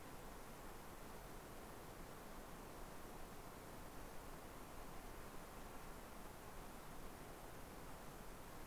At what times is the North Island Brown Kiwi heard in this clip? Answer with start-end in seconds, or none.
none